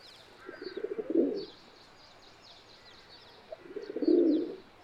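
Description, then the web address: Domestic pigeon (Ra'bi breed): domestic pigeon giving two low, rolling coos about three seconds apart, with faint high chirping of other birds behind. "صدای-کبوتر-راعبی"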